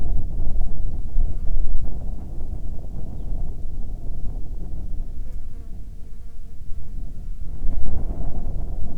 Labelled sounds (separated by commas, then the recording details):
wind, insects
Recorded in the Arctic National Wildlife Refuge, Alaska, on 30 July 2019 at 12:24
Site 48